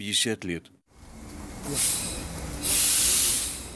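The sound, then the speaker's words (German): A brief voice at the start gives way to a low mechanical rumble of a train, punctuated by two loud, sustained bursts of hissing air or steam as it pulls in, exactly on time, at the small station of Bjelomorsk. “Der Zug ist auf die Minute pünktlich und hatte mich ausgespuckt.”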